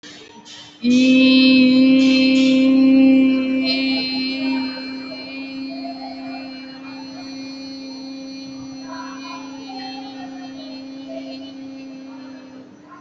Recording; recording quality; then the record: sustained vowel as in beet; excellent, no background noise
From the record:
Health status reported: recovered from COVID-19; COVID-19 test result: positive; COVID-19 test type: RT-PCR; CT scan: not taken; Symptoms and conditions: another condition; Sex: female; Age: 19 years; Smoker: no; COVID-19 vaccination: one dose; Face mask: worn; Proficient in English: yes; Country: India